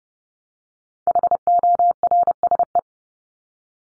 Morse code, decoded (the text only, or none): HORSE